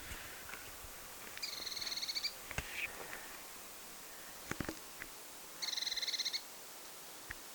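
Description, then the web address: Eurasian blue tit giving two short bursts of rapid, evenly repeated high notes, each trill lasting under a second, with a few faint clicks between them. Calling described as completely different from usual; recorded 27 August 2026. "paivat 27 8 2026 ihan eri tavalla aanteleva sinitiainen"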